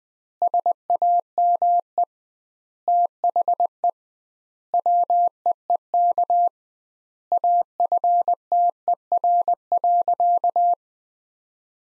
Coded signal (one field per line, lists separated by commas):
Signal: Morse code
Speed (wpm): 20 wpm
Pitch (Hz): 700 Hz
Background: none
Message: SAME THE WEEK AFTER.